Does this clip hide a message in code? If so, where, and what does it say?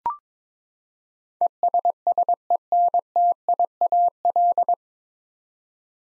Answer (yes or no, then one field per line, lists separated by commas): yes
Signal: Morse code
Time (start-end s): 1.4-4.7 s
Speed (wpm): 22 wpm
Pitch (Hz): 700 Hz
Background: none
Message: ESSENTIAL